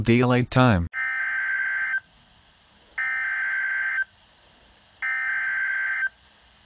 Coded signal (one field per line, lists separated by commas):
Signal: Emergency Alert System (SAME) tones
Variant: header bursts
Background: speech